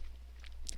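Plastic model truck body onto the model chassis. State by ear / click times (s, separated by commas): seated / 0.7 s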